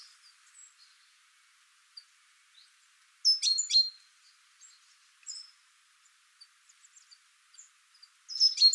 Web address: SETE Parus major